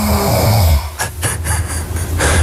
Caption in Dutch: Ik heb namelijk een app die geluiden opneemt als je die 's nachts maakt. Dit was ik rond een uurtje of 2:30. Ja, lekker diep in slaap. Een beetje snurken.